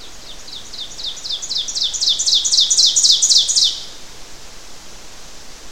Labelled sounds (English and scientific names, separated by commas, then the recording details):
Ovenbird (Seiurus aurocapilla) song
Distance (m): 5 m
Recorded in boreal forest in Alberta, Canada, on 12 June 2016 at 06:12
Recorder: SongMeter 3, array SBT-3-18
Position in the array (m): 230 m, 88 m
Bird 31